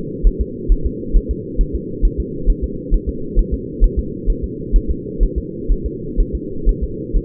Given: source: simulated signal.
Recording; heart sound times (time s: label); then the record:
fetal heart sounds
0.27 s: S1
0.41 s: S2
0.72 s: S1
0.87 s: S2
1.17 s: S1
1.31 s: S2
1.61 s: S1
1.75 s: S2
2.05 s: S1
2.20 s: S2
2.50 s: S1
2.64 s: S2
2.94 s: S1
3.09 s: S2
3.39 s: S1
3.54 s: S2
3.84 s: S1
3.99 s: S2
4.30 s: S1
4.44 s: S2
4.76 s: S1
4.91 s: S2
5.23 s: S1
5.38 s: S2
5.72 s: S1
5.86 s: S2
6.20 s: S1
6.35 s: S2
6.69 s: S1
6.84 s: S2
7.17 s: S1
From the record:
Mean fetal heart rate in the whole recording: 130 bpm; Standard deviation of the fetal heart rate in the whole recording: 4 bpm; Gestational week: 38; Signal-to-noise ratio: -4.3 dB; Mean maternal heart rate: 72 bpm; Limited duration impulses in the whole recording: present